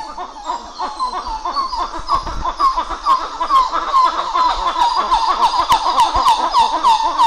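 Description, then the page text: Coppery titi monkey duet: loud, rapid run of short arched notes, about two per second, in a continuous rhythmic chorus with a few sharp clicks. Duet by group 6, recorded 11 July 2018 at 08:02. "Plecturocebus cupreus. Gr 6 duet 20180711 080200"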